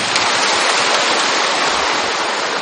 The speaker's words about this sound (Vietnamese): Các vị cho một tràng pháo tay.